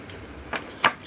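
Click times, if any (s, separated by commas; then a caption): 0.8 s. A plastic paw or limb on a Mattel Club Lion Force Black Lion figure is partially folded so it clears, then pushed into its combining position for the combined Voltron robot. After two faint taps near 0.1 s and 0.6 s, a sharp click is heard at 0.9 s as the limb locks in place.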